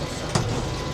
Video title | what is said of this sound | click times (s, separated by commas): Breaking ground for a HUGE garden!! 2026 Garden Series (Part 1) | There we go. I had to get that lower lift arm locked into place. | 0.4 s